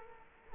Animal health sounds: mosquito wingbeat signal from an infrared sensor; Culex quinquefasciatus

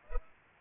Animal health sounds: mosquito wingbeat signal from an infrared sensor; Culex pipiens

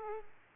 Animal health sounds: mosquito wingbeat signal from an infrared sensor; Aedes aegypti

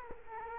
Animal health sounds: mosquito wingbeat signal from an infrared sensor; Culex quinquefasciatus

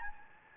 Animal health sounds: mosquito wingbeat signal from an infrared sensor; Anopheles gambiae

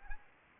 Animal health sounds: mosquito wingbeat signal from an infrared sensor; Anopheles arabiensis

